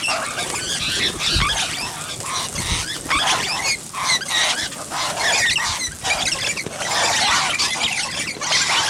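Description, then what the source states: Rosellas calling in a busy chorus of squeals and harsh chattering notes, near-constant overlapping calls with occasional short pauses and low bumps. Rosellas feeding.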